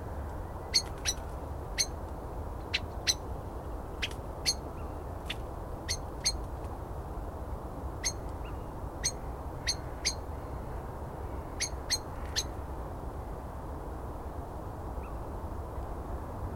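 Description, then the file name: Common blackbird giving sharp, clipped chink calls, repeated irregularly over a steady low rumbling background. "Turdus merula"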